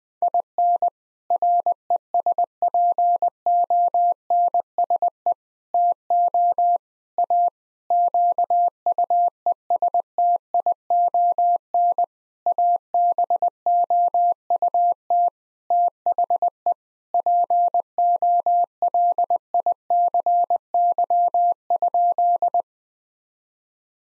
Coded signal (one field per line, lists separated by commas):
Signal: Morse code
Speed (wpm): 20 wpm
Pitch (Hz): 700 Hz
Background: none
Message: IN RESPONSE TO A QUESTION ABOUT THE POLICY?